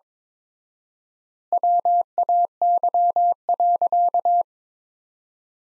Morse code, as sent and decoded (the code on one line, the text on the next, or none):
.-- .- -.-- .-.-.-
WAY.